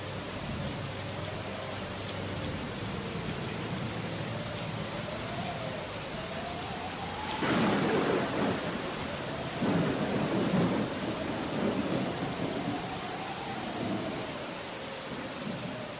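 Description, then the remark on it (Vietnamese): Steady rain hisses throughout while low thunder rumbles beneath, swelling into louder crashing bursts around the middle before settling back into a continuous downpour. “Mây đen vần vũ trên trời, mưa sắp đến rồi.”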